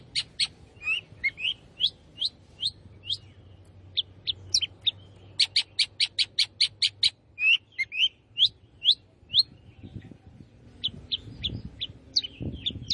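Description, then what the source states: Long-tailed shrike song: a lively run of sharp, high chirps and slurred whistles, some harsh buzzy notes in bursts, with a low hum beneath. Long-tailed shrike singing lively, in the style called gacor.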